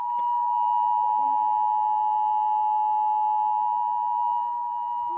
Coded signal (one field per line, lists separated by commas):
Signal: Emergency Alert System (SAME) tones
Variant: 853 and 960 Hz attention tone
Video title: Weird EAS Test on Nick